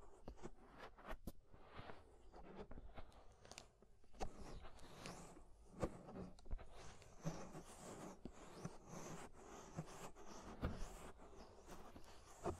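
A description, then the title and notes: Scraping in and around an ear makes a dense, crackling rasp that runs for the whole clip. Sharp clicks and brittle crunches pop out irregularly, thickest in the first two seconds, over a rough, rustling bed that swells and eases in short strokes. Inner and Outer Ear Scraping (No Talking).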